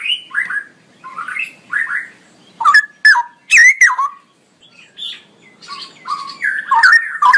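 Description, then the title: Straw-headed bulbul song: short slurred whistled notes, then loud bubbling bursts with sharp accents, ending in a rich, rolling warble. Male singing persistently with a loud voice and long rolling phrases; masteran recording for training other birds. "GILEEE Cucak ROWO Jantan GACOR Suara Lantang ROoo EL Panjang"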